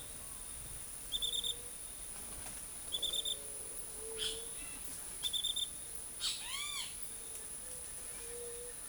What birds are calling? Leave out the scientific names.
White-tipped Dove, Great Kiskadee